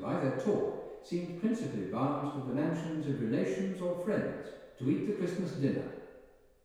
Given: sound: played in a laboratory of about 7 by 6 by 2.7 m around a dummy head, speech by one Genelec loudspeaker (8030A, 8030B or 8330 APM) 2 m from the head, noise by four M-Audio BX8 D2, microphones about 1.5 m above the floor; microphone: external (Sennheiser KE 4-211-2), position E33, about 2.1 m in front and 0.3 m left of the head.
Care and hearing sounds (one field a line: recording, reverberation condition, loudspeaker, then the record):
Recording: male speech in English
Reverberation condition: high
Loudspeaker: 90 degrees to the right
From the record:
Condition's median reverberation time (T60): about 1300 ms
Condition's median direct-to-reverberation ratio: about -4.0 dB